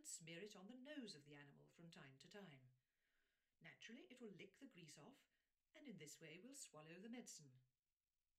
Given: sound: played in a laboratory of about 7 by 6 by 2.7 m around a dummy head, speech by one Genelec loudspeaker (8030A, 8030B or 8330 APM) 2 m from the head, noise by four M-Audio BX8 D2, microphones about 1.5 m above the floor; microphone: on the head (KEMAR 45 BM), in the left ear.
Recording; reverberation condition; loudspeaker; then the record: female speech in English; low; in front (0 degrees)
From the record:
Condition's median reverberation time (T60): about 310 ms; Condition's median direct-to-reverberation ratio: about 3.5 dB